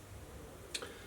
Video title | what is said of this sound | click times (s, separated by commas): Autochair Smart Lifter LM folding demonstration | when it gets to there i can lift the end of the arm up this will then click into place | 0.8 s